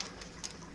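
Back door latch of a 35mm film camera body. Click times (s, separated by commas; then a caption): 0.0 s, 0.4 s. A small release tab on a 35mm film camera body is pulled up, unlatching the hinged back door. Two sharp clicks sound at 0.0 and 0.45 seconds over a faint background hiss, and the back door comes open.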